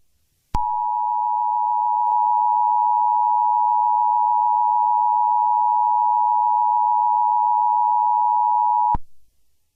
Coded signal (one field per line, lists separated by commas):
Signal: Emergency Alert System (SAME) tones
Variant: 853 and 960 Hz attention tone